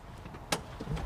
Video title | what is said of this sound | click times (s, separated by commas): Car seat safety checklist | kind of hidden the way and you're gonna hook your lower anchor straps in place you'll hear a click important | 0.5 s